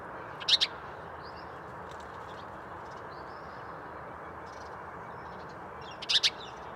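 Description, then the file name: House sparrow with paired chirps at the start and a rapid cluster near the end, thin whistled notes between, and continuous low rumble. "Passer domesticus"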